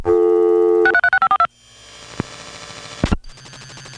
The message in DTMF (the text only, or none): 636542